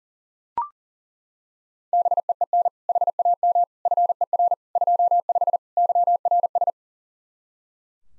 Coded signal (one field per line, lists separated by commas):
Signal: Morse code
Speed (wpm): 40 wpm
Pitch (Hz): 700 Hz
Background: none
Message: BEEN HAM FER 25 YRS